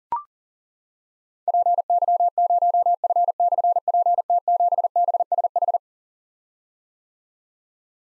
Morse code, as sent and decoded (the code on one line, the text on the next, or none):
.--. -.-- ----- ..-. -..-. .--. - --... -... ... ....
PY0F/PT7BSH